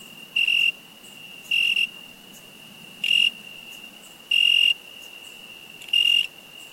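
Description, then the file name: Cricket chirping: five short, steady, high-pitched chirps, unevenly spaced, over faint background hiss. "Cricket Insect"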